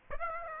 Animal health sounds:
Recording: mosquito wingbeat signal from an infrared sensor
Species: Aedes aegypti

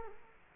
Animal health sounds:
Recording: mosquito wingbeat signal from an infrared sensor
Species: Culex quinquefasciatus

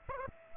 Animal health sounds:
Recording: mosquito wingbeat signal from an infrared sensor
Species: Aedes aegypti

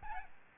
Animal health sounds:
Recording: mosquito wingbeat signal from an infrared sensor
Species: Aedes albopictus

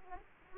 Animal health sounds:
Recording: mosquito wingbeat signal from an infrared sensor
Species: Aedes aegypti

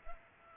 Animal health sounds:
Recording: mosquito wingbeat signal from an infrared sensor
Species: Culex pipiens

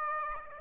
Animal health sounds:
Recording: mosquito wingbeat signal from an infrared sensor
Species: Aedes aegypti

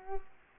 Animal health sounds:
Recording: mosquito wingbeat signal from an infrared sensor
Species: Culex quinquefasciatus

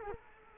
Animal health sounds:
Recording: mosquito wingbeat signal from an infrared sensor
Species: Culex quinquefasciatus

